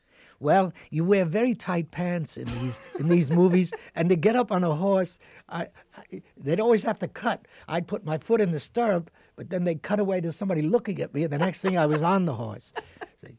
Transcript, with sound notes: Well, you wear very tight pants in these - in these movies.
(Laughing).
And to get up on a horse, they'd always have to cut. I'd put my foot in the stirrup, but then they'd cut away to somebody looking at me. And the next thing, I was on the horse.